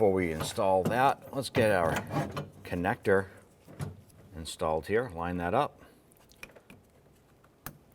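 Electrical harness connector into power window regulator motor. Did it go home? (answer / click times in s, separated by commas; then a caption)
yes / 7.7 s. Someone talks while a wiring harness connector is lined up with the power window motor and regulator assembly for the driver side door of a 2006-2013 Chevrolet Impala, followed by a few faint handling ticks. The connector is pressed in and snaps into place with a sharp click at 7.7 seconds, seated.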